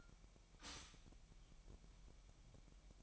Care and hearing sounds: daily activity, microphone in the room; stop toaster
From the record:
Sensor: 1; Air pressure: 1002.0 hPa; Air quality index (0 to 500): 241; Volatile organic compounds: 45 ppm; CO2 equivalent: 3228 ppm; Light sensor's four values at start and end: 10/34/12/14 and 10/34/12/14

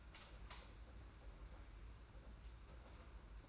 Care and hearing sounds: daily activity, microphone in the room; light off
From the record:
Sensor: 2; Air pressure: 991.8 hPa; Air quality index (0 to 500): 228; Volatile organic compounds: 1000 ppm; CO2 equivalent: 7651 ppm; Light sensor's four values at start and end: 17/48/19/18 and 11/27/11/11

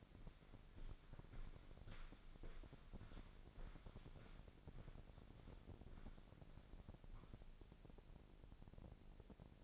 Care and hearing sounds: daily activity, microphone in the room; walk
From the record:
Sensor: 5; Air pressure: 1009.4 hPa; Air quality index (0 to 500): 152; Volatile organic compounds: 2 ppm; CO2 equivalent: 1177 ppm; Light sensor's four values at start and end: 372/892/383/425 and 372/889/381/424

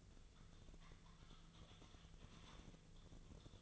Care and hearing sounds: daily activity, microphone in the room; typing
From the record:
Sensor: 4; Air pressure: 1001.0 hPa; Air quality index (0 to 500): 141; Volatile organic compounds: 2 ppm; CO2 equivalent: 1041 ppm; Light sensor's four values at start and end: 26/64/26/28 and 26/64/26/28

